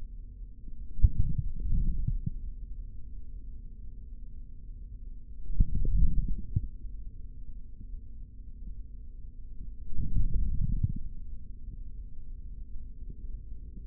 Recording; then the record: forearm muscle sounds (acoustic myography)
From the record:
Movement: hand closing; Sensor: system 3, bracelet of six PUI Audio POM-2738L microphones around the upper forearm, with dedicated amplification and filtering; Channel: 3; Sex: male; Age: 26 years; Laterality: right